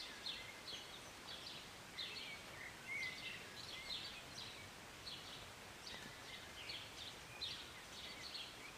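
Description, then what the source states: Birds chirping and singing, many short high bright notes overlapping in quick irregular bursts, with steady soft hiss of rain beneath. Birds singing and chirping on a Sunday morning during short rain, heard from a city balcony.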